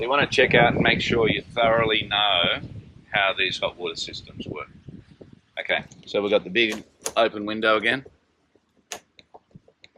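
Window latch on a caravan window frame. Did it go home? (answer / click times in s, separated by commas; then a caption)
released / 8.9 s. A window latch on a caravan's large side window frame is worked open. Someone talks for about the first eight seconds, then a sharp latch click sounds at 8.9 s, followed by a few faint ticks, and the window is released open.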